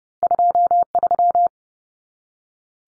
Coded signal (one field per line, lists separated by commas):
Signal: Morse code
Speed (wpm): 30 wpm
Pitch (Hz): 700 Hz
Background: none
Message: 23